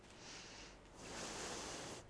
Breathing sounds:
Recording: one breath in and out by a microphone near the nose and mouth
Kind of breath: deep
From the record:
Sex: female

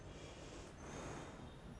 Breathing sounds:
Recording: one breath in and out by a microphone near the nose and mouth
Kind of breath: normal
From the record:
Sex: female

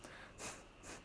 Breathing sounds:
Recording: one breath in and out by a microphone near the nose and mouth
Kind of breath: strong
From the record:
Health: marked as sick, illness not named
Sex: female

